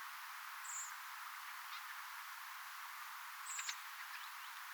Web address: 19 10 2024 punakylkirastas erikoinen rastaan aani